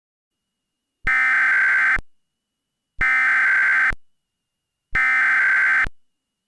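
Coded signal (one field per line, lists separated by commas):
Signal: Emergency Alert System (SAME) tones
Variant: header bursts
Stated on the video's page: Mock SAME tones for a fictional Guam tornado alert.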